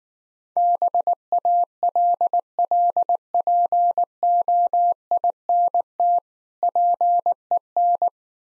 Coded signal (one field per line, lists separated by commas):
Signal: Morse code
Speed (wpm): 19 wpm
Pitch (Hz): 700 Hz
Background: none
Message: BALLPOINT PEN